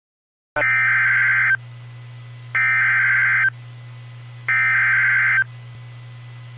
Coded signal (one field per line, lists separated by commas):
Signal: Emergency Alert System (SAME) tones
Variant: header bursts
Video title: EAS ST WARNING